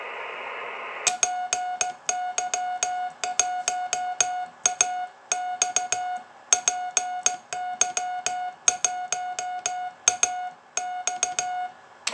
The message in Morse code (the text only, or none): PY1AX PY1AX